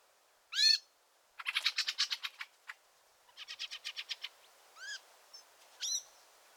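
Fieldfare calls: rapid harsh chack-chack rattles in two bursts, with single squeaky arched notes before and after, on a quiet background.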